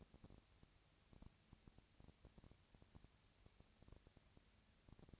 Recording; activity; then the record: daily activity, microphone in the room; no activity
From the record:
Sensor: 2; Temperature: 20.1 degrees Celsius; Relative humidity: 35.5%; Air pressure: 996.8 hPa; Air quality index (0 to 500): 197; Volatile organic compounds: 30 ppm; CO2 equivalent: 2953 ppm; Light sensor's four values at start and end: 2/3/2/2 and 2/3/2/2